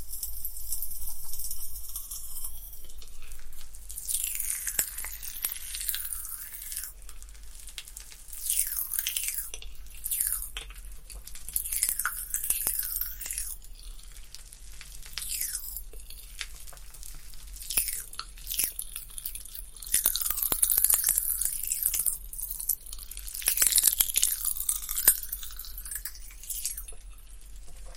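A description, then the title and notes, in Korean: Eating popping candy, with bursts of fine, bright crackling and fizzing that swell and fade every few seconds, around 5, 9, 12, 18, 21 and 24 seconds. Soft chewing and wet mouth sounds fill the gaps under a low, steady hum. 톡톡톡 팝핑캔디 eating sound. 이번에는 소니 핀마이크로 가져왔어요.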